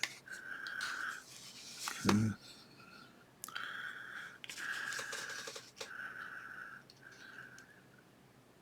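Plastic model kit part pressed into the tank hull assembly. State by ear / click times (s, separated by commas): not seated / none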